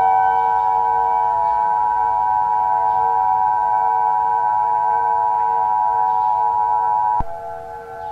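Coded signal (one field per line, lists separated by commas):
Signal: Emergency Alert System (SAME) tones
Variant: 853 and 960 Hz attention tone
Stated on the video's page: Simulated EAS scenario mock of a US nuclear attack, made to look authentic.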